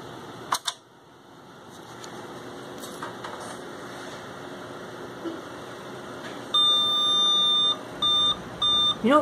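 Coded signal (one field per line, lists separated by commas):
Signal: beep code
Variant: AMI BIOS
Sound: quiet hum and clicks, then one long beep and two short beeps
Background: computer fan hum, clicks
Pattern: 1 long, 2 short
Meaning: One long and two short beeps signal a video ROM read or horizontal retrace failure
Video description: The long beep and two short beep code issued by the 486 and its AMI BIOS indicates an error reading the video ROM and/or a horizontal retrace failure.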